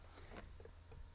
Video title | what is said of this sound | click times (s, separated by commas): How to use Flow Super Lifter? | it pops off and you can just take it off again and over to the next hive. | 0.4 s